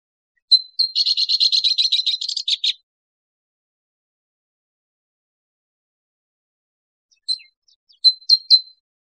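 Abert's towhee calls: a sharp note, then a rapid buzzy chattering series for about two seconds, silence, and a few more sharp high notes near the end.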